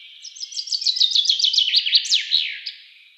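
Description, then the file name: Common chaffinch song: a lively series of sharp notes falling in pitch, finishing with strong downward-sweeping end notes, over faint steady hiss. "Fringilla coelebs"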